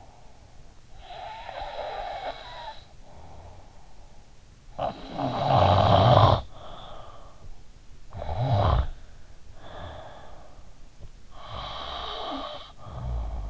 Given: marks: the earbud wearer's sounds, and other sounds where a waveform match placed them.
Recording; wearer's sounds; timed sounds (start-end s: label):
sounds in sleep by an in-ear microphone; snoring breath
0.00-13.50 s: snoring breath